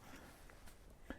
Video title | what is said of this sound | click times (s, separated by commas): Scandi Battle! Cold Steel vs. Mora Knives | off snap it back into place not | 1.1 s